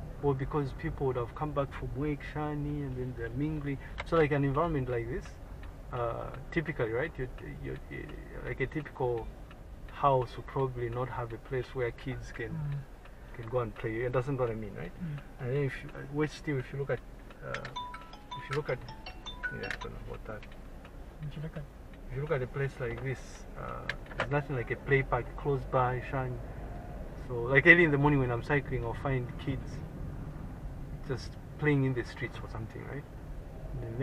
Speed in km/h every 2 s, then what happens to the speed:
10, 9, 8, 7, 5, 5, 3, 3, 1, 2, 3, 5, 9, 14, 17, 11, 11.
0-15 steady at about 5. 15-19 standing. 19-27 pulls away to 17. 27-34 steady at about 11.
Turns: none.